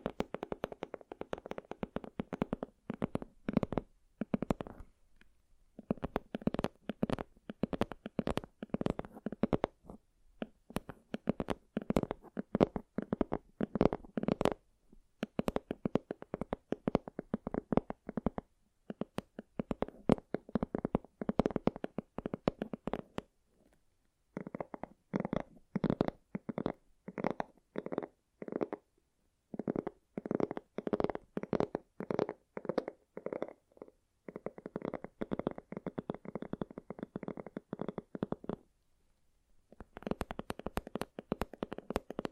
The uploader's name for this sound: Tingly Sound Assortment